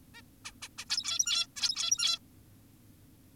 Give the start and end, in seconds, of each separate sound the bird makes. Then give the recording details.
0.14-0.22, 0.45-0.52, 0.62-0.68, 0.78-0.85, 0.90-1.47, 1.56-2.19. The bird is an adult. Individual g17y2U